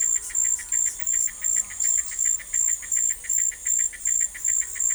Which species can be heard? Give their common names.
none